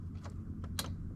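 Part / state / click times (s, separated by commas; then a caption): spark plug wire boot onto spark plug of small engine / seated / 0.8 s. A rubber spark plug wire boot is pushed onto the terminal of a small lawnmower engine's spark plug. After a fainter tick at 0.6 s, a sharp, bright click at 0.8 s marks the boot snapping on, over a steady low hum. The boot is confirmed seated on the plug.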